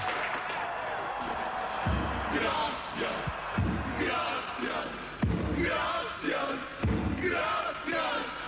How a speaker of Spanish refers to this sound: Esos aplausos son para la señora